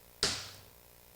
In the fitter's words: That click means it's seated.